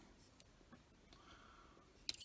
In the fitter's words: yeah, just clicks right in there.